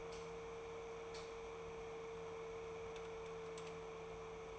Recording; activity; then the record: daily activity, microphone in the room; light on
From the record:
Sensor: 1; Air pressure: 1014.6 hPa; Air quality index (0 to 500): 173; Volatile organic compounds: 14 ppm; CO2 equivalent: 2452 ppm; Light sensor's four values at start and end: 24/61/25/30 and 30/79/32/38